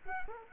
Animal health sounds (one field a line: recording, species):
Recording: mosquito wingbeat signal from an infrared sensor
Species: Culex quinquefasciatus